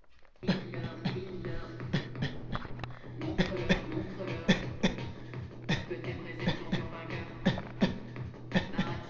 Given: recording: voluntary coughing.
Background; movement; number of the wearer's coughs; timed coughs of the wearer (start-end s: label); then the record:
music; sitting; 15
0.46-0.81 s: cough
1.03-1.35 s: cough
1.91-2.15 s: cough
2.20-2.48 s: cough
3.36-3.63 s: cough
3.67-3.97 s: cough
4.46-4.77 s: cough
4.81-5.18 s: cough
5.67-6.01 s: cough
6.44-6.70 s: cough
6.70-6.95 s: cough
7.44-7.79 s: cough
7.79-8.18 s: cough
8.52-8.76 s: cough
8.76-9.06 s: cough
From the record:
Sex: male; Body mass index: 23.7 kg/m2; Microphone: on the chest, facing outward